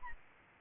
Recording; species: mosquito wingbeat signal from an infrared sensor; Aedes albopictus